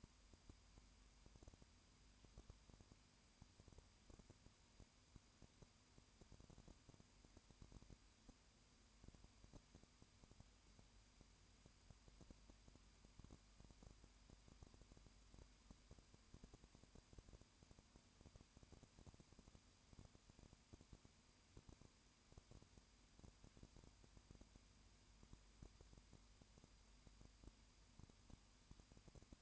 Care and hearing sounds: daily activity, microphone in the room; no activity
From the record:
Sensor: 2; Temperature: 20.8 degrees Celsius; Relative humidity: 38.2%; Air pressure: 1010.4 hPa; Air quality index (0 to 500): 200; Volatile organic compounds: 19 ppm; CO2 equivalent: 2649 ppm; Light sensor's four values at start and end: 2/3/2/2 and 2/3/2/2

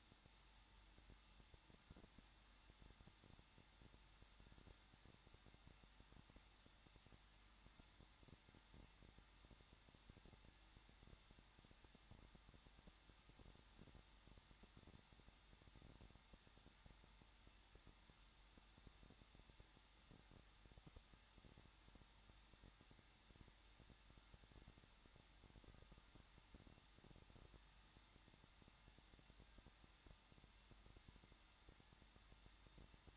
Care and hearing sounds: daily activity, microphone in the room; no activity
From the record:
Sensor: 3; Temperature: 21.2 degrees Celsius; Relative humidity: 36.4%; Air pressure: 1006.4 hPa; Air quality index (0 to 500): 223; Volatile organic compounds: 43 ppm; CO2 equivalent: 3191 ppm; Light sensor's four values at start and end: 2/3/2/2 and 2/3/2/2

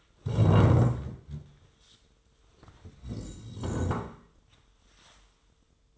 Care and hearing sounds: daily activity, microphone in the room; stand up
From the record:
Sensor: 3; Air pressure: 1005.3 hPa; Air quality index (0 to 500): 96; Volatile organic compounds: 3 ppm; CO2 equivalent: 1497 ppm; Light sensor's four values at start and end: 10/22/9/9 and 9/19/8/8

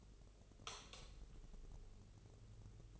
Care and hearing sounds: daily activity, microphone in the room; light off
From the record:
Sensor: 4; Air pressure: 996.0 hPa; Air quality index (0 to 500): 62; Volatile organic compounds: 2 ppm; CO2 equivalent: 1106 ppm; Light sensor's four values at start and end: 17/45/17/18 and 15/33/13/13

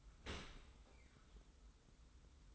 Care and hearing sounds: daily activity, microphone in the room; open dishwasher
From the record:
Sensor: 3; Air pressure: 990.5 hPa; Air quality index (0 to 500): 193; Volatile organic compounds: 1000 ppm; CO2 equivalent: 6300 ppm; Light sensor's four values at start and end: 35/82/33/32 and 35/82/33/32

